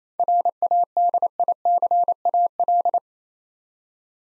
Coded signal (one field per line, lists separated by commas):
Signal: Morse code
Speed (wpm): 29 wpm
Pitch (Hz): 700 Hz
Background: none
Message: RADICAL